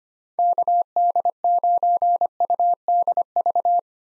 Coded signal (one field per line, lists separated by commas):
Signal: Morse code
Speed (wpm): 25 wpm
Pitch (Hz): 700 Hz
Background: none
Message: KD9UDV